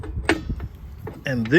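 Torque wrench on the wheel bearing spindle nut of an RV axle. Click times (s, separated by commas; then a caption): 0.3 s. A torque wrench and socket tighten the wheel bearing spindle nut on a Winnebago RV axle to seat the bearing, and the wrench gives a sharp click at the torque setting at 0.3 s. Fainter ticks follow at about 0.6 s and 1.1 s, and someone talks near the end.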